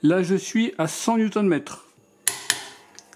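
Someone talks, then a half-inch torque wrench set to 100 Nm is pulled on a digital torque tester until it breaks over with a sharp click at 2.3 s, followed by a second sharp sound at 2.5 s and faint ticks. The tester reads 99.6 Nm.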